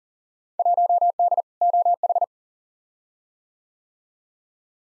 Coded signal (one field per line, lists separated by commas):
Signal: Morse code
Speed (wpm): 40 wpm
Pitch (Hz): 700 Hz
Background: none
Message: 1D OH